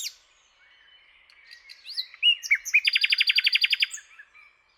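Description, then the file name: Common nightingale singing soft, rising whistles that build into a loud, rapid trill of repeated notes, then fade away. "Luscinia megarhynchos"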